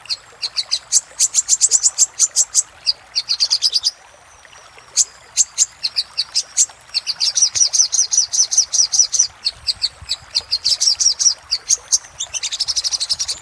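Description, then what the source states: Little spiderhunter pouring out repeated bursts of rapid, high chips, with one quiet pause holding a faint thin whistle before the chipping resumes. Master recording for training cage birds.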